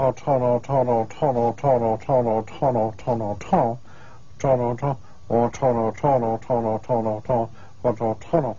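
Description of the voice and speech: A man in a clinical interview repeats only "tono" with sentence-like intonation that follows the prosody of normal speech. This is the recurring utterance of severe expressive aphasia, due to a neurological condition. His comprehension is virtually undamaged, and the expressive part is failing.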